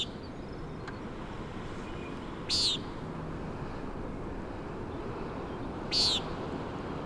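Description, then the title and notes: Common nighthawk: two clear nasal peents from a common nighthawk, about three seconds apart, with gusty wind and ocean rumble throughout. "Common Nighthawk "peenting" and "wing booms" 3:58am on top of Schoodic Head (Schoodic Div., Acadia National Park)"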